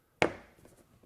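A cheap replacement windshield washer nozzle, bought online for a Jeep Liberty KK, is slid into its mount on the vehicle facing the windshield and pushed until it pops into place. A single sharp, loud snap comes at 0.2 s, then fades into quiet low rustling. The nozzle is seated in its mount.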